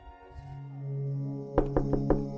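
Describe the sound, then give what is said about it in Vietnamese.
Four quick, evenly spaced knocks on a room door, sharp and fairly loud, arriving after a stretch of low steady humming drone that continues beneath them. “Tiếng gõ cửa cộc cộc làm cho Tuấn giật mình tỉnh giấc.”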